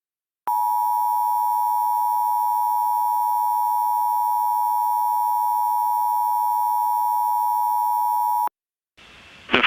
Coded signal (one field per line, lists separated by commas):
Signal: Emergency Alert System (SAME) tones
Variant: 853 and 960 Hz attention tone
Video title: The Freezing One: The Four Seasons (Part 2) - an EAS Scenario